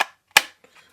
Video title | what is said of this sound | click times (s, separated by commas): I Didn't Think I Would EVER Find My Perfect Fixed Blade... (Kizer Defensor, Beaver, Camp 180) | right, the little click is actually on the sort of finger guard area. So yeah, it actually feels and sounds very satisfying. | 0.4 s